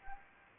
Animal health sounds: mosquito wingbeat signal from an infrared sensor; Anopheles gambiae

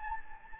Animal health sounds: mosquito wingbeat signal from an infrared sensor; Anopheles gambiae

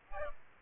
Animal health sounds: mosquito wingbeat signal from an infrared sensor; Aedes albopictus

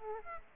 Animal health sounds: mosquito wingbeat signal from an infrared sensor; Aedes aegypti

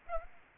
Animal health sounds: mosquito wingbeat signal from an infrared sensor; Aedes aegypti

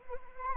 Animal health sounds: mosquito wingbeat signal from an infrared sensor; Anopheles arabiensis

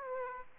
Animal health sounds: mosquito wingbeat signal from an infrared sensor; Aedes aegypti

